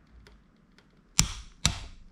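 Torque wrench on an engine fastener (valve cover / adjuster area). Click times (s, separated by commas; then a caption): 1.2 s. A torque wrench is set on a fastener in the valve adjustment area of a Yamaha Raptor 700 quad engine, during a valve clearance check and adjustment, and pulled carefully until it clicks at its setting. After a few faint ticks, the wrench gives a sharp click at 1.2 s, followed by a second similar sharp hit at 1.7 s.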